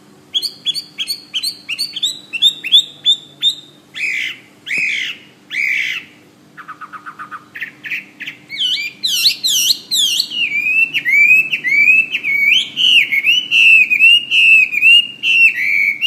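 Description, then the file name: Hwamei song, rapid repeated whistled notes, a brief rattling trill, then long strings of loud varied slurred whistles tumbling in quick succession; faint hum beneath. "omkicau hwamey"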